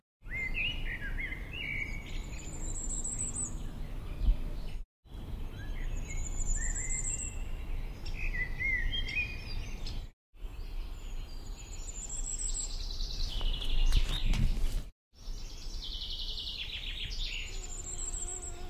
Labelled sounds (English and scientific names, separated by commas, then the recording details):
Common Firecrest (Regulus ignicapilla) song
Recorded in the wild
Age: adult
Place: Bogensee, Barnim, Brandenburg, DE
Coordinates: 52.7731, 13.5242
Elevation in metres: 60
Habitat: coniferous forest
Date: 2003-06-11
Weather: 20°C, cloudy, almost windless
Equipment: Tascam DA-P1, Sennheiser MKH 70
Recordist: Frommolt, Karl-Heinz
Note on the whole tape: Fichtenbestand am Forstamt Lanke am Bogensee: Gesang eines Sommergoldhähnchens. Aufnahme ist geschnitten. Tier singt in einer Fichte